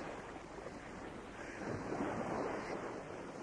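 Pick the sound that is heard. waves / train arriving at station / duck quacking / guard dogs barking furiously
waves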